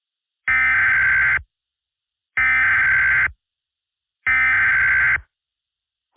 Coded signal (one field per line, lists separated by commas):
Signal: Emergency Alert System (SAME) tones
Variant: header bursts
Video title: EAS Scenario 2: The Great Tornado Outbreak